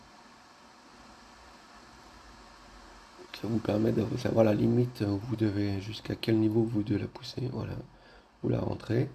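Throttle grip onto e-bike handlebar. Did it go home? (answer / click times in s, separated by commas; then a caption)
no / none. A throttle grip is pushed along the metal handlebar of a TESWAY X7 e-bike toward its end cap while someone talks. Faint low-level noise runs for about 3 seconds before the talking starts. Nothing has clicked or seated yet.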